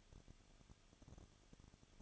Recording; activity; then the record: daily activity, microphone in the room; no activity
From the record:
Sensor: 4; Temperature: 23.1 degrees Celsius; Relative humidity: 34.1%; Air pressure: 1007.3 hPa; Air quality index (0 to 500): 215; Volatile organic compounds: 14 ppm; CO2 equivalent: 2475 ppm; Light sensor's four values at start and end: 2/3/1/1 and 2/3/1/1